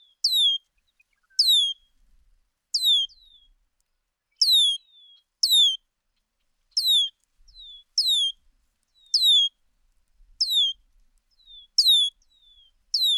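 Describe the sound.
Bird song: a run of strong falling whistled notes, with soft faint whistles between them.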